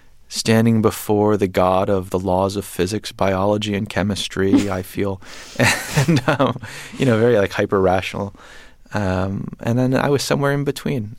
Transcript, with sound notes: standing before the God of the laws of physics, biology and chemistry, I feel... (LAUGHTER) And, you know, very, like, hyper-rational. And then I was somewhere in between.